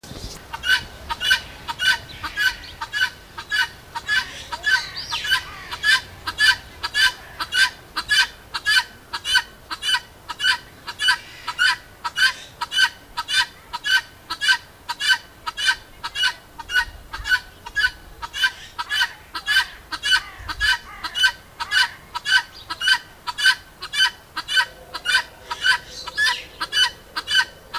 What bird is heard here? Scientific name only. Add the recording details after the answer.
Acryllium vulturinum. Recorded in captivity. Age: adult. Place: Zoo Berlin, Berlin, DE. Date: 2000-07-17 13:35. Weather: heiter, 20°C. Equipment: Nagra SN, Kopie Uher 4000 Report Monitor. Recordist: Tembrock, Günter. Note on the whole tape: Einzeltier in Anlage: Rufreihe